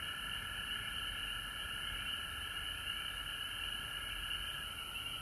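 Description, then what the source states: Continuous frog chorus, many overlapping high, shrill trills blending into a steady hum of calling, over soft low-frequency noise. Frogs recorded at home in Georgia on March 19, 2020.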